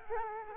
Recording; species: mosquito wingbeat signal from an infrared sensor; Culex quinquefasciatus